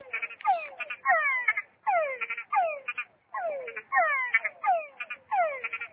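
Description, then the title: Frog calls, quick descending chirped notes in rhythmic bursts. "tabogaÂ´s frog"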